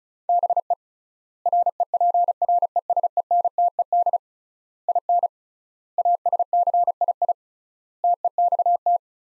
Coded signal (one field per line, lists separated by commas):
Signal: Morse code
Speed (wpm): 36 wpm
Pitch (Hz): 700 Hz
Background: none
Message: BE REPRESENTED IN ASCII TEXT